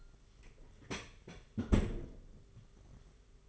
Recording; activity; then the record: daily activity, microphone in the room; close fridge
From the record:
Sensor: 4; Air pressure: 991.7 hPa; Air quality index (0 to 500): 101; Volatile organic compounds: 12 ppm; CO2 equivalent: 2370 ppm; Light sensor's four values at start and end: 17/52/20/21 and 18/55/21/22